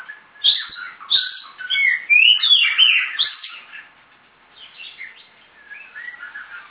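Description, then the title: Magpie-robin singing a rich burst of mixed whistles and chattery notes for a few seconds, then softer scattered warbles trailing off. "Kacer4"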